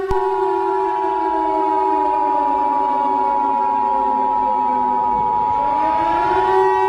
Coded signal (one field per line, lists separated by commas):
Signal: Emergency Alert System (SAME) tones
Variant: 853 and 960 Hz attention tone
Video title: eas scenario catemojibabyheat part 16